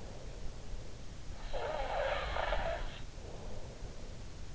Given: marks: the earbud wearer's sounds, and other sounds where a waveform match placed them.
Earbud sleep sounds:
sounds in sleep by an in-ear microphone; snoring breath
1.52-4.22 s: snoring breath

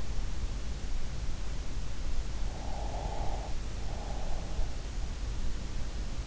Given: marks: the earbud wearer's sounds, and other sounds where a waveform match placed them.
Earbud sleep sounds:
sounds in sleep by an in-ear microphone; breath
2.43-4.49 s: breath

